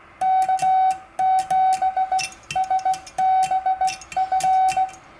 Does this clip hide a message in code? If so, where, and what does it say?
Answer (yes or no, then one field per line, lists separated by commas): yes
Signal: Morse code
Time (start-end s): 0.2-4.9 s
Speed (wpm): 17 wpm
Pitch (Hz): 760 Hz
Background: none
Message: K7SBF